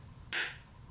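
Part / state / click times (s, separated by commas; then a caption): phone in case into belt holster / seated / 0.3 s. A Nexus 6P phone in its plastic Moko case is pushed screen-side into the matching belt holster, which fits only one way, bottom button down and the other side up. A single sharp, bright snap sounds at 0.3 s and fades within a fraction of a second against a quiet background. The phone locks into the holster.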